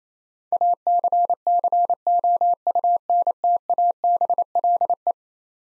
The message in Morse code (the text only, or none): ACCOUNTABLE